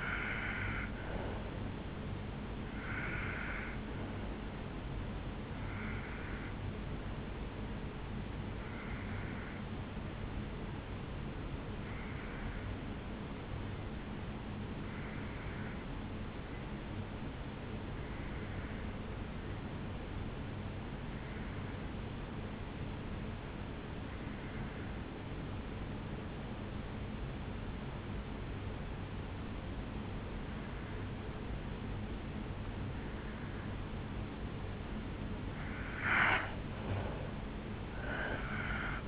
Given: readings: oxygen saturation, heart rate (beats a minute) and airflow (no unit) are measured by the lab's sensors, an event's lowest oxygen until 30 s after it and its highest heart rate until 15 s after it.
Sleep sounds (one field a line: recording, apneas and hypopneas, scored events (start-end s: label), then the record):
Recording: breathing in sleep by a voice recorder at the bedside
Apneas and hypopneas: 1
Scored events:
6.00-34.70 s: hypopnea (N1, oxygen 96% highest, then 88% lowest, heart rate 63 at the start, 72 highest)
20.00-39.07 s: new sleep stage, N2 (light sleep)
From the record:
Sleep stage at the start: N1 (lightest sleep)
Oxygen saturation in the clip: 88 to 96%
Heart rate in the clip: 55 to 72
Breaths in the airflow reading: 6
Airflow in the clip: -7.6 to 10.7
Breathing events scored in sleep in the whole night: 449 in 7.0 hours asleep